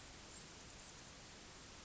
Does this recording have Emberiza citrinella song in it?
no